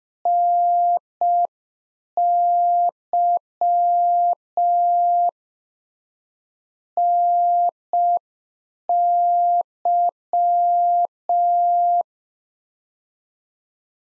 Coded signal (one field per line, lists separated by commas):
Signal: Morse code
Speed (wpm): 5 wpm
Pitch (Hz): 700 Hz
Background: none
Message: NY NY